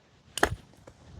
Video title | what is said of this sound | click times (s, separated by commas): Wire Tek Mole Eliminator Trap! | And you'll hear it click. | 0.4 s